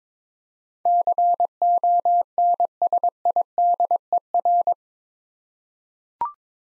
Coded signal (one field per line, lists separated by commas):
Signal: Morse code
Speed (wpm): 22 wpm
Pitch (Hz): 700 Hz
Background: none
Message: CONSIDER